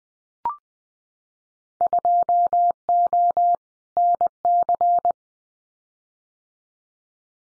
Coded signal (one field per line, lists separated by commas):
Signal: Morse code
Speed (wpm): 20 wpm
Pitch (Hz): 700 Hz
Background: none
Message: 2O NC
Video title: Winter Field Day Exchange 20wpm